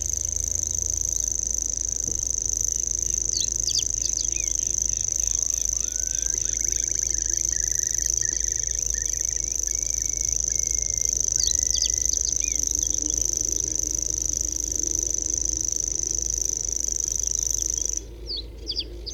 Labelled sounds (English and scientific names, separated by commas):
Common Grasshopper Warbler (Locustella naevia) song